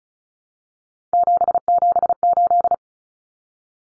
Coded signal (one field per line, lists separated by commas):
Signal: Morse code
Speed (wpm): 34 wpm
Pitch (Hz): 700 Hz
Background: none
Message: 778